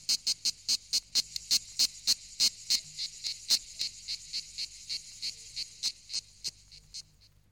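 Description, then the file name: Insect giving a long series of high, clicky chirps that gradually soften and fade out near the close. "insetti insect"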